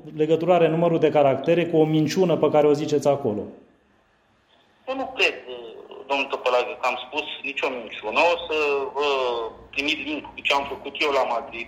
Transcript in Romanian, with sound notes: legătură are numărul de caractere cu o minciună pe care o ziceți acolo?
(Pauză) Eu nu cred, domnule Tăpălagă, că am spus nicio minciună. O să vă trimit link cu ce am făcut eu la Madrid…